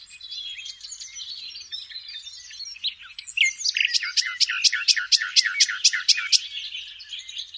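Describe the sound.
Common nightingale song opens with soft jumbled chattering notes, then builds into a loud, steady sequence of about twelve sharp repeated notes; a faint low hum underneath.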